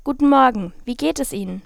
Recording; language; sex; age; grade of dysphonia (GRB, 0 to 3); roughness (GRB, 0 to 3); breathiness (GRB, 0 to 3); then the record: spoken sentence; German; female; 20 to 29 years; 0; 0; 0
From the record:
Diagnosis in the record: healthy voice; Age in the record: 20 years